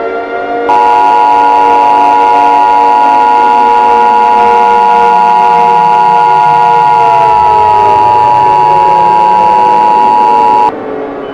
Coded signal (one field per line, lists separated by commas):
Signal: Emergency Alert System (SAME) tones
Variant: 853 and 960 Hz attention tone